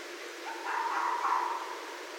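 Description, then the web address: Red fox call, a wavering nasal whine lasting about a second, swelling in the middle then fading, with background hiss. Recorded 31 December 2011. "Red Fox 2011 12 31 Red Fox"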